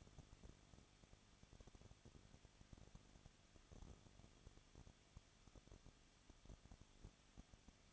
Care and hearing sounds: daily activity, microphone in the room; no activity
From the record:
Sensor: 4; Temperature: 23.0 degrees Celsius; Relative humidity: 34.6%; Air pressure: 1007.2 hPa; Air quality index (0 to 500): 215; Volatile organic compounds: 15 ppm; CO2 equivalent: 2499 ppm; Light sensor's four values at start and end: 2/3/1/1 and 2/3/1/1

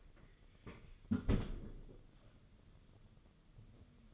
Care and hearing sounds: daily activity, microphone in the room; close fridge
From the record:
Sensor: 4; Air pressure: 995.3 hPa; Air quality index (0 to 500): 210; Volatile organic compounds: 217 ppm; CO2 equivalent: 4268 ppm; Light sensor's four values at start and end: 32/102/38/43 and 33/103/39/43

